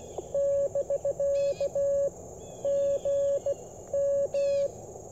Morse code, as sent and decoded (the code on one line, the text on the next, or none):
-...-.- / --. / --
<BK> G M